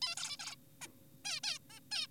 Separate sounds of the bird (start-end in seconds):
0.02-0.15, 0.17-0.37, 0.40-0.56, 0.81-0.88, 1.25-1.40, 1.44-1.59, 1.70-1.80, 1.92-2.07